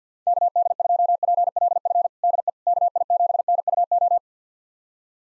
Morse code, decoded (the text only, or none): KD2PLF DE KI7NUO